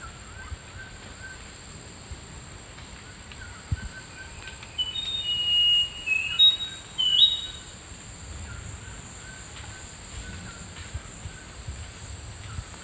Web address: Nature Songs S America Eastern Lowlands - Schiffornis turdina, song